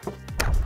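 A plastic cooling fan accessory is clipped upward onto the back of a PS5 game console and pressed onto its rear USB port. A couple of faint knocks come first, then a sharp plastic snap at 0.4 s as the fan seats in place.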